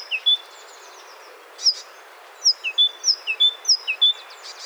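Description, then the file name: Great tit song of clear, see-sawing two-note phrases, high then low, repeated quickly several times after a brief pause. "Parus major"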